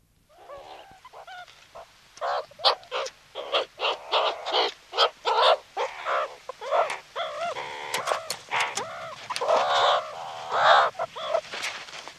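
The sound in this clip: Meerkat chatter: a steady stream of short, clipped barks and squawky calls, quick and uneven.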